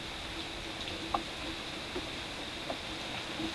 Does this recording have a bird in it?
no